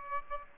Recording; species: mosquito wingbeat signal from an infrared sensor; Aedes aegypti